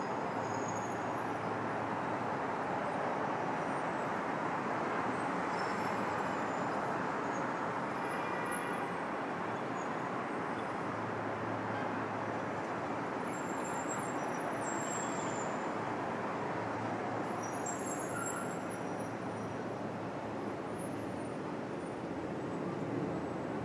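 A busy avenue in New York City roars with steady, dense traffic, cars and buses passing in a continuous wash of engine and tire noise. The level holds constant throughout, with faint brief high squeaks, likely brakes, around the middle and later.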